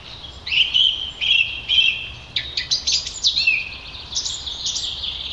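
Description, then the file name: Song thrush song, high phrases of whistles and rapid chittering notes, some repeated, over a soft steady background hiss. "Turdus philomelos - Song Trush"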